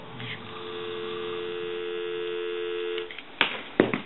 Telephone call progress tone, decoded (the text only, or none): dial tone